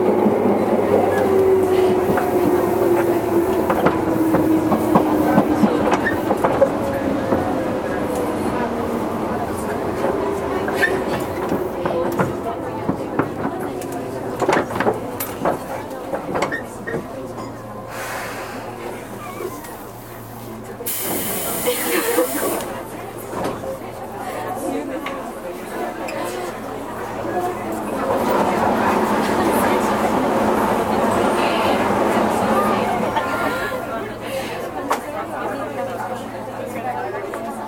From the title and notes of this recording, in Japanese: 東武20000系 普通 西新井から地下鉄上野まで。東武鉄道20000系電車の走行音です。東京地下鉄日比谷線への直通する普通列車で録音しました。